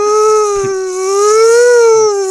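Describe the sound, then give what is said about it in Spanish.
A voice imitates a mosquito's whine with one steady, nasal, buzzing tone held for about two seconds. The pitch wavers slightly and rises a little near the end, loud and alone. “¿Cómo es el ruido? Repetí. ¿Estás seguro que es un mosquito?”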